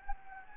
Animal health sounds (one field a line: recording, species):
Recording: mosquito wingbeat signal from an infrared sensor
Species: Anopheles gambiae